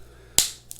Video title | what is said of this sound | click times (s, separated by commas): Fixing Broken Flex Cable on Samsung A70 Phone - Gears and Tech | together like that you can hear it snapping into place | 0.4 s, 0.7 s